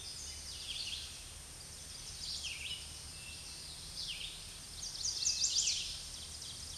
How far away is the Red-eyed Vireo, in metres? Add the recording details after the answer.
about 10 m. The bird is about level with the microphone. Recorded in a Pennsylvania forest on 16 May 2024 at 07:43. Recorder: AudioMoth, point MSD-2083. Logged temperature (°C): 16.7 °C. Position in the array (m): 149 m, 27 m